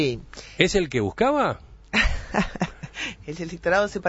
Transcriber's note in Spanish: Se ríe